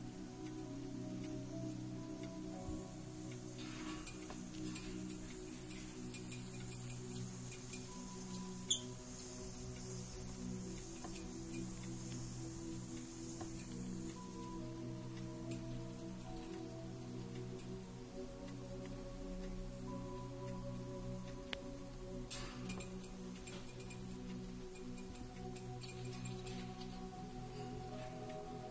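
A facial treatment with steam, cream and massage: a steady low hum and hiss run throughout, with soft wet, squishy rubbing sounds layered on top. A brief hissing burst rises around 22 seconds, and a single sharp click lands near 9 seconds.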